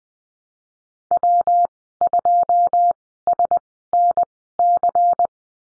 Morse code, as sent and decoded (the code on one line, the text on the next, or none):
.-- ..--- ... -. -.-.
W2SNC